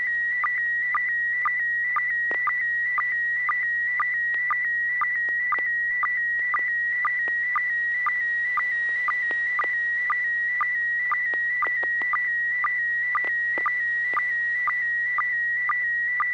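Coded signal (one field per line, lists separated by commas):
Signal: SSTV (slow-scan television)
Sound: steady warbling high tone with quick low blips about twice per second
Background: faint low hum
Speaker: Bob, you're first, N6PGQ. Are you ready to share a picture?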